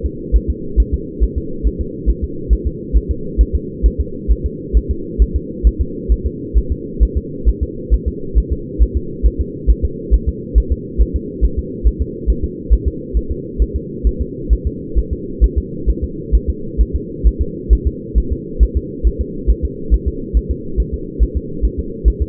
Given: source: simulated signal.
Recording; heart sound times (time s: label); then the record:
fetal heart sounds
0.06 s: S2
0.36 s: S1
0.50 s: S2
0.80 s: S1
0.94 s: S2
1.24 s: S1
1.38 s: S2
1.67 s: S1
1.81 s: S2
2.10 s: S1
2.24 s: S2
2.53 s: S1
2.67 s: S2
2.97 s: S1
3.11 s: S2
3.41 s: S1
3.55 s: S2
3.86 s: S1
4.00 s: S2
4.31 s: S1
4.46 s: S2
4.77 s: S1
4.91 s: S2
5.22 s: S1
5.36 s: S2
5.67 s: S1
5.81 s: S2
6.12 s: S1
6.26 s: S2
6.58 s: S1
6.72 s: S2
7.03 s: S1
7.17 s: S2
7.49 s: S1
7.63 s: S2
7.94 s: S1
8.08 s: S2
8.38 s: S1
8.53 s: S2
8.82 s: S1
8.97 s: S2
9.26 s: S1
9.41 s: S2
9.70 s: S1
9.85 s: S2
10.14 s: S1
10.28 s: S2
10.58 s: S1
10.72 s: S2
11.02 s: S1
11.16 s: S2
11.44 s: S1
11.59 s: S2
11.87 s: S1
12.02 s: S2
12.30 s: S1
12.44 s: S2
12.73 s: S1
12.88 s: S2
13.17 s: S1
13.31 s: S2
13.62 s: S1
13.76 s: S2
14.07 s: S1
14.21 s: S2
14.53 s: S1
14.67 s: S2
14.98 s: S1
15.13 s: S2
15.44 s: S1
15.58 s: S2
15.90 s: S1
16.04 s: S2
16.35 s: S1
16.50 s: S2
16.81 s: S1
16.95 s: S2
17.27 s: S1
17.42 s: S2
17.73 s: S1
17.87 s: S2
18.18 s: S1
18.32 s: S2
18.63 s: S1
18.77 s: S2
19.07 s: S1
19.21 s: S2
19.50 s: S1
19.65 s: S2
19.94 s: S1
20.08 s: S2
20.37 s: S1
20.51 s: S2
20.80 s: S1
20.94 s: S2
21.23 s: S1
21.37 s: S2
21.65 s: S1
21.80 s: S2
22.08 s: S1
22.22 s: S2
From the record:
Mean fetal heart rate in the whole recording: 135 bpm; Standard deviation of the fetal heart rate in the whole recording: 3 bpm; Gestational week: 34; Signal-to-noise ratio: -4.3 dB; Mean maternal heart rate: 72 bpm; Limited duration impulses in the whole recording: absent